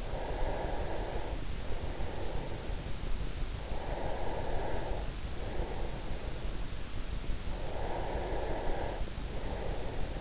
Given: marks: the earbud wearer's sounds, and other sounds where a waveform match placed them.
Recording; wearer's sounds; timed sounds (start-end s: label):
sounds in sleep by an in-ear microphone; breath
0.00-2.83 s: breath
3.62-6.49 s: breath
7.65-10.21 s: breath